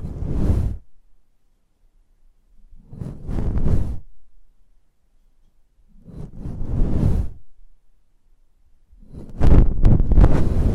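ASMR close-up mic treatment: four slow whooshing swells of rustling noise, one about every three seconds, each separated by near silence. The strokes are heavy in deep rumble with a soft airy hiss above, and the last one adds sharper crackly brushes.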